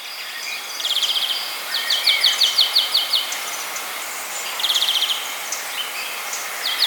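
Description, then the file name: European greenfinch giving rapid trilled calls, bursts of quick even notes repeated several times over a steady background hiss. "Chloris chloris"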